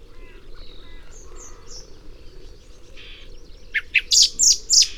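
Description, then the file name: Common blackbird: a fast series of piercing high call notes in the final second and a half, preceded by softer whistles and chirps. "Turdus merula"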